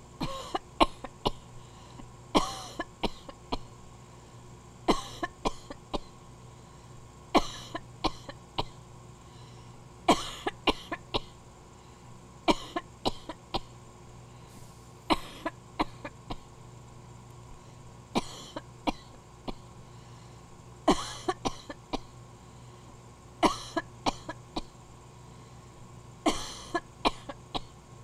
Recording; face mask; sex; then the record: voluntary coughing; surgical mask; female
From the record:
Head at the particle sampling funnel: tilted down, bridge of the nose in front of it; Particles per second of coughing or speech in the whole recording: 14.4